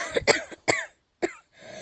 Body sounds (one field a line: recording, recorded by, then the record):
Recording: voluntary cough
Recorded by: messaging app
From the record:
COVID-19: negative